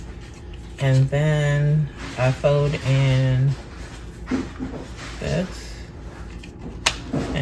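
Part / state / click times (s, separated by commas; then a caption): plastic fold-in piece into doll furniture frame / seated / 6.9 s. Someone talks while folding a plastic fold-in piece into a doll furniture frame and pressing it down. A sharp snap at 6.9 s marks the piece seating into the frame.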